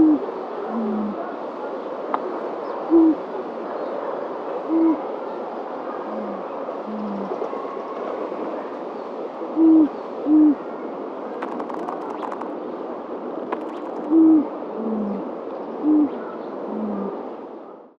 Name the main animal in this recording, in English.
Silver Pheasant